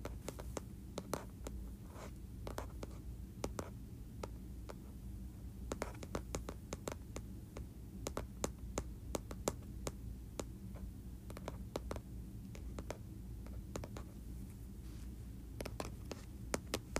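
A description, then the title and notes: Sharp taps on a metal surface ring out irregularly throughout, sometimes singly and sometimes in quick clusters, each a crisp bright click. Underneath runs a steady low hum with a rumbling texture that stays constant for the whole stretch. ASMR Tapping Metal Surface.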